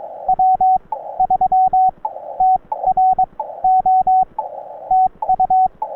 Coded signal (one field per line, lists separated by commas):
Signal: Morse code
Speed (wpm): 20 wpm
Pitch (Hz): 750 Hz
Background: radio noise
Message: W3TRO TU